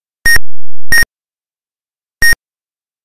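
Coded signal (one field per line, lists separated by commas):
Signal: none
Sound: a game's sound effects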